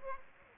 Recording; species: mosquito wingbeat signal from an infrared sensor; Aedes aegypti